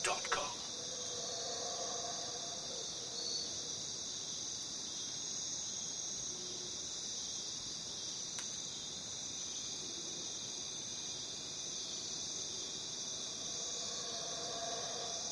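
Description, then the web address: Crickets form a constant shrill chorus after a brief loud knock at the start, with soft lower warbling notes drifting in now and then. Crickets in a jungle. "the-sound-pack-tree -jungle crickets"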